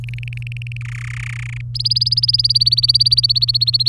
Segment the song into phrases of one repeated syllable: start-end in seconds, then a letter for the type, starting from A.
0.04-0.77 A, 0.81-1.62 B, 1.75-3.89 C